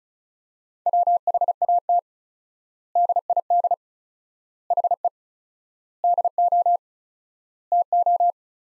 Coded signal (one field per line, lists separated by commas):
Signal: Morse code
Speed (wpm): 34 wpm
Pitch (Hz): 700 Hz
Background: none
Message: WHAT DID HE DO TO